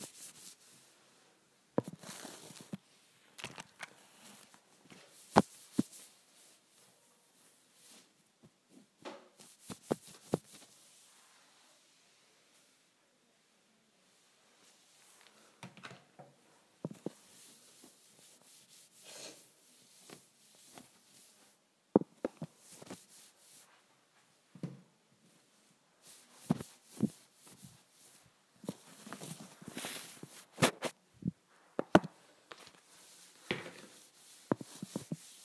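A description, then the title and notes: A wipe is dragged and rubbed across a counter in short, irregular strokes, each a bright scratchy swish. Bursts come in clusters with quiet gaps between, denser near the start and from about 25 seconds on. Occasional sharp ticks punctuate the rubbing. ASMR Cleaning the Counter with a Wipe.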